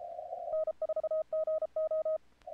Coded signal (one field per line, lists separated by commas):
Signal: Morse code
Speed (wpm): 32 wpm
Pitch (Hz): 1260 Hz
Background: none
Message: N4GO